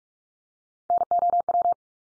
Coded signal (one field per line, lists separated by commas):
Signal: Morse code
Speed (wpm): 44 wpm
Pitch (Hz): 700 Hz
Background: none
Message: NOW